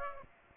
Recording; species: mosquito wingbeat signal from an infrared sensor; Aedes aegypti